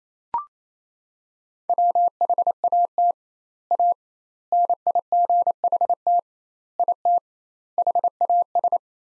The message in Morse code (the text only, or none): WHAT A NIGHT IT HAS